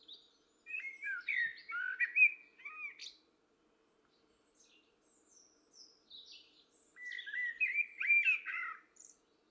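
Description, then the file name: Common blackbird singing two mellow warbled phrases several seconds apart, each mixed with thin, high squeaky notes, with soft high twitters between them and a faint low hum. "Turdus merula"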